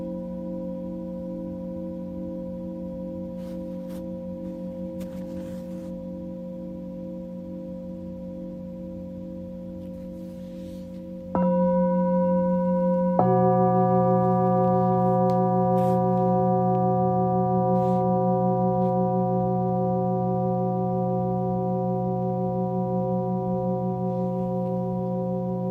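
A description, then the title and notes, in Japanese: A singing bowl hums with a steady, layered ring and a slow pulsing shimmer. Around eleven seconds a second bowl is struck, the tone grows louder, then shifts again at thirteen seconds and sustains to the end, with faint light clicks scattered throughout. メキシコから シンギングボウルのサウンドヒーリング。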